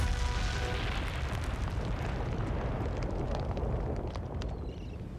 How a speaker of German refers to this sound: Und dann, mit einem besonders großen Knall, flog sein Elternhaus in die Luft.